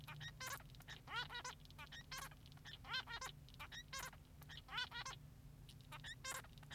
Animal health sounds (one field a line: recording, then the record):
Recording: song of a male Bengalese finch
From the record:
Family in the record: son of father 3